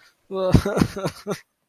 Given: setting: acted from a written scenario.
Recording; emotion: vocal sound without words; sadness